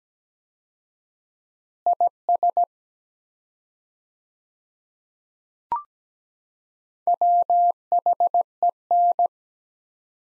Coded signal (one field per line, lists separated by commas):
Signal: Morse code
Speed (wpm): 17 wpm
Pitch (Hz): 700 Hz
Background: none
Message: IS WHEN